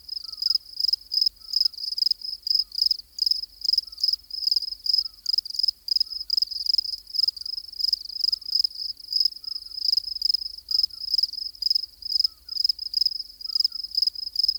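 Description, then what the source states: Cricket chirping in a steady high-pitched pulsing rhythm, short trilled bursts repeating rapidly throughout. Active crickets.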